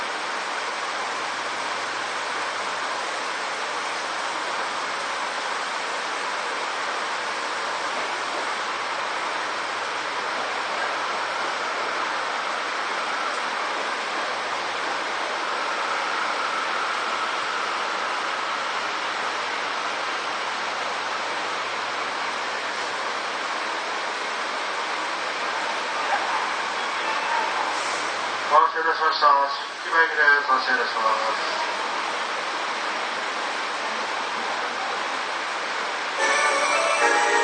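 A Seibu 6000 series train rolls along with a steady, dense rushing roar that holds level for most of the recording, with a faint low hum underneath early on. Around 28 to 31 seconds, a burst of clattering, pulsing sounds breaks through before the roar resumes.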